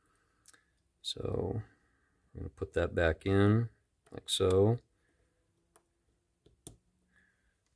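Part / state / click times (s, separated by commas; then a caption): retaining snap ring into spinning reel spool drag stack / seated / 6.7 s. Someone talks while pressing a metal snap ring back into its groove in the spool of an Abu Garcia Cardinal Premier CP2F spinning reel, where it holds the drag washers. A faint tick comes at 5.8 s, then a sharp click at 6.7 s as the ring snaps into the groove and seats.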